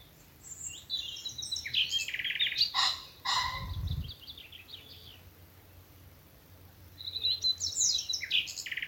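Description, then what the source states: Common nightingale delivering rapid chattering phrases, a short low thud midway, a quiet stretch, then more quick high notes. Several nightingales singing in the evening as dew falls, from thickets in a wood at Alners Gorse nature reserve, Dorset, run by Butterfly Conservation.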